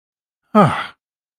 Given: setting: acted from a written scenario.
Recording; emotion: vocal sound without words; relief